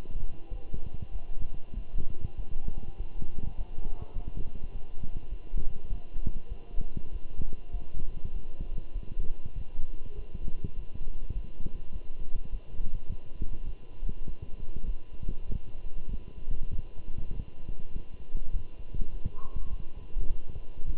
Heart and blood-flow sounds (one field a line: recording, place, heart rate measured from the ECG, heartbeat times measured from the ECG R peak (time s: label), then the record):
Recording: heart sounds by stethoscope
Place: between the tricuspid and mitral areas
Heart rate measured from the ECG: 100 bpm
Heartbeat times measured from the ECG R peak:
0.50 s: heartbeat
1.13 s: heartbeat
1.76 s: heartbeat
2.37 s: heartbeat
2.97 s: heartbeat
3.57 s: heartbeat
4.15 s: heartbeat
4.72 s: heartbeat
5.31 s: heartbeat
5.89 s: heartbeat
6.49 s: heartbeat
7.12 s: heartbeat
7.72 s: heartbeat
8.33 s: heartbeat
8.94 s: heartbeat
9.55 s: heartbeat
10.15 s: heartbeat
10.75 s: heartbeat
11.34 s: heartbeat
11.93 s: heartbeat
12.51 s: heartbeat
13.08 s: heartbeat
13.66 s: heartbeat
14.26 s: heartbeat
14.86 s: heartbeat
15.47 s: heartbeat
16.11 s: heartbeat
16.72 s: heartbeat
17.32 s: heartbeat
17.93 s: heartbeat
18.52 s: heartbeat
19.12 s: heartbeat
19.70 s: heartbeat
20.29 s: heartbeat
20.86 s: heartbeat
From the record:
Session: walking at 3.7 km/h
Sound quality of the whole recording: good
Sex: male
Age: 24 years